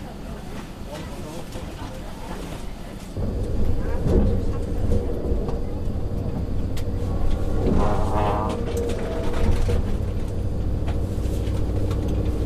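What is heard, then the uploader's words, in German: A night train ride: a steady low rumble of the moving carriage, which grows louder and fuller just after three seconds, when a constant hum joins in. Scattered clicks and knocks run through it, and a brief voice is heard around eight seconds. Zugfahrt in der Nacht.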